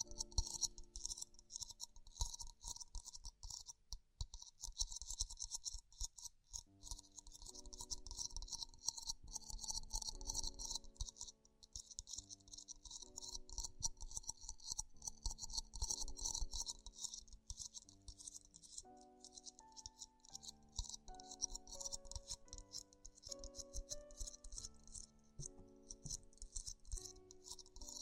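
Tingly ear exploration: a dense, continuous crackling and rattling texture, bright and fizzy, that keeps going with only brief lulls near 5 and 12 seconds. Underneath, soft low tones step from pitch to pitch like a slow melody throughout.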